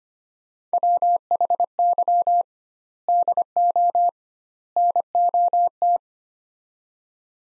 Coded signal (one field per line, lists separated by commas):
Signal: Morse code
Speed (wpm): 25 wpm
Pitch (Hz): 700 Hz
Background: none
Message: WHY DO NOT